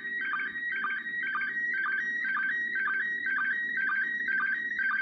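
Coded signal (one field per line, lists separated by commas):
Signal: SSTV (slow-scan television)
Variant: PD 120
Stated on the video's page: SSTV images from the ISS received on a smartphone.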